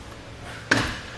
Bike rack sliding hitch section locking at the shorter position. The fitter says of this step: it's going to snap into place, cutting down your